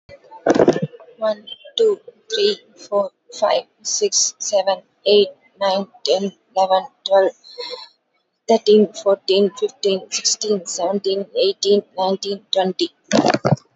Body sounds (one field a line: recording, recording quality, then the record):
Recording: counting at a fast pace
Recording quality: moderate, slight background noise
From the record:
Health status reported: COVID-19 positive, mild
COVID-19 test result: positive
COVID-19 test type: RT-PCR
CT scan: taken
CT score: 0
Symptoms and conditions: cough, cold, muscle pain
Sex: female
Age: 30 years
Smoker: no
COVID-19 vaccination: both doses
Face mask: not worn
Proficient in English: yes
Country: India